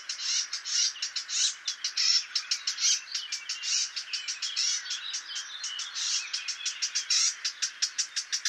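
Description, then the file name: Eurasian blackcap calls: a rapid, dense run of sharp, high ticking clicks, some bunched into short bursts, continuing without pause throughout. "Sylvia atricapilla"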